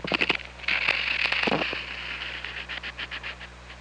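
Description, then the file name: Killer whale call: a burst of clicks, then a drawn-out tonal squeal, followed by fading clicks under a constant low hum. OrcaLab hydrophone, 24 August 2017 at 08:53. "Orca Lab UTLN JASON 20170824 085326"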